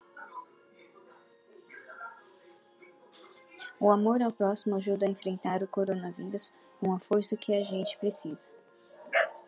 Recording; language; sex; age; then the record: spoken sentence; Brazilian Portuguese; female; 40 to 49 years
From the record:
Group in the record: control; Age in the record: 48 years